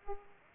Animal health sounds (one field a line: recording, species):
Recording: mosquito wingbeat signal from an infrared sensor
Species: Aedes aegypti